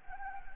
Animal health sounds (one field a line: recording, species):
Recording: mosquito wingbeat signal from an infrared sensor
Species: Anopheles gambiae